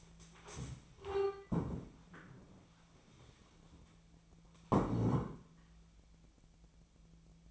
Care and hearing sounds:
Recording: daily activity, microphone in the room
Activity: stand up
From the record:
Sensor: 1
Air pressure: 1000.5 hPa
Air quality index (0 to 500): 177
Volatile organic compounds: 4 ppm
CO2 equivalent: 1642 ppm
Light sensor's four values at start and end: 13/30/12/14 and 13/30/13/14

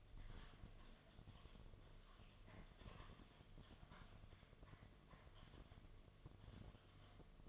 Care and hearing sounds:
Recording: daily activity, microphone in the room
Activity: typing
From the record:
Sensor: 4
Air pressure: 1005.2 hPa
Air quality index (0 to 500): 182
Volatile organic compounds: 5 ppm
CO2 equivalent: 1791 ppm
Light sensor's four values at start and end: 6/12/5/4 and 6/12/4/4

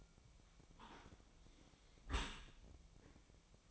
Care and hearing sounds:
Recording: daily activity, microphone in the room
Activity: close dishwasher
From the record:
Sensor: 1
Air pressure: 1003.1 hPa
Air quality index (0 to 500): 197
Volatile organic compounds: 6 ppm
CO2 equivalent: 1881 ppm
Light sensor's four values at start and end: 24/59/25/30 and 25/61/26/31

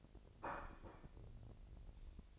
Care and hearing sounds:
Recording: daily activity, microphone in the room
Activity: place plate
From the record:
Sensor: 5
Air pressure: 1007.6 hPa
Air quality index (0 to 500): 94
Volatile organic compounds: 1 ppm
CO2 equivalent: 734 ppm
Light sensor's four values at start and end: 36/84/34/35 and 36/84/34/36

